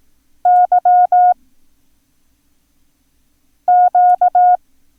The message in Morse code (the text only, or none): YQ